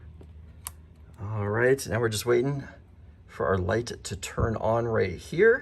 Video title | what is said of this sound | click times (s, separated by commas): Logitech Circle View Doorbell Installation | Make sure it clicks in there. | 0.7 s